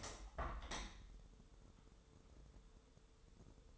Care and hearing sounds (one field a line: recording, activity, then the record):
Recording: daily activity, microphone in the room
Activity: open window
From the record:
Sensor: 3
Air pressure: 1014.9 hPa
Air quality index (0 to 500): 27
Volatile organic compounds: 1 ppm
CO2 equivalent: 515 ppm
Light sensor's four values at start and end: 10/23/9/9 and 10/23/10/9